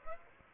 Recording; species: mosquito wingbeat signal from an infrared sensor; Aedes aegypti